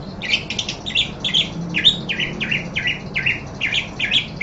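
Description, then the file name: Parakeet chirping calls, short bright notes repeated in a steady chattering run, over a faint low hum. "suara burung parkit. omkicau"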